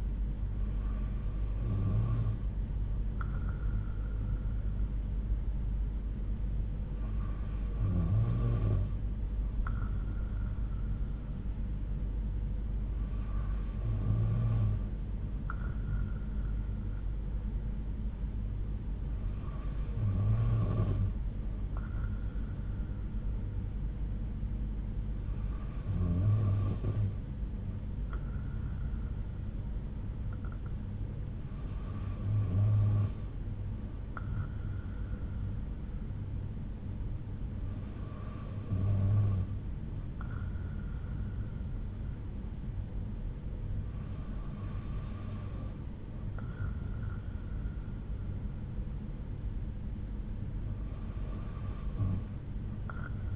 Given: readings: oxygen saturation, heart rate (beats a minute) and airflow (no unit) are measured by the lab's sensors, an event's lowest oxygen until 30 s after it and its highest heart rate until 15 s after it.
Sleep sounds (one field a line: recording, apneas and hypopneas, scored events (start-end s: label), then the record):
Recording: breathing in sleep by a smartphone at the bedside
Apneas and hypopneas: none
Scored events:
none scored
From the record:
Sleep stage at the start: N2 (light sleep)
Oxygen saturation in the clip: 93%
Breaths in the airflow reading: 9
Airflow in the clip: -4.7 to 3.7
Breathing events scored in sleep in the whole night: 368 in 8.0 hours asleep